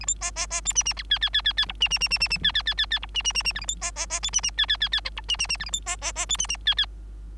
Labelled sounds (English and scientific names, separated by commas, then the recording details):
Bengalese Finch (Lonchura striata domestica) song
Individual Bird3